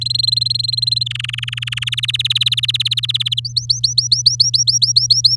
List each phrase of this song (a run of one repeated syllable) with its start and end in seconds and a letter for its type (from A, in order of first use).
0.01-1.03 A, 1.06-1.95 B, 1.97-3.40 C, 3.45-5.36 D